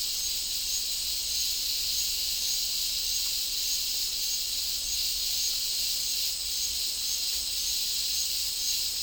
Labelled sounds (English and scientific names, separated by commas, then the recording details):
none
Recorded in dense forest near Puerto Asís, Putumayo, Colombia, on 20 December 2024 at 11:30
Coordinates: 0.485, -76.318
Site GP03